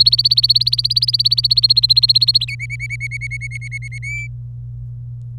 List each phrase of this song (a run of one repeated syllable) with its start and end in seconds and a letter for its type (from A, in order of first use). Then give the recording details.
0.00-2.45 A, 2.48-3.98 B, 4.03-4.27 C. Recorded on 25 April 2018 at 16:06. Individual llb3